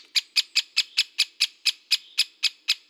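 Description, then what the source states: Great spotted woodpecker giving a long series of sharp, high kik notes repeated steadily. Recorded in Slovenia.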